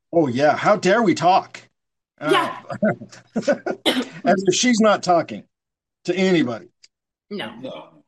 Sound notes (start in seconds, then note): 2.2 laughs; 3.4 coughs